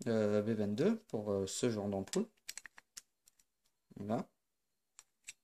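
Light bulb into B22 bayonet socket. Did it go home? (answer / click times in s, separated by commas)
yes / 5.0 s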